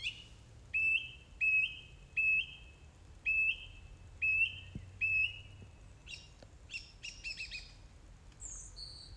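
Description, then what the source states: Song thrush singing, a clear whistled phrase repeated six times, then a burst of varied scratchy and squeaky notes. 4 May 2021, 20:35.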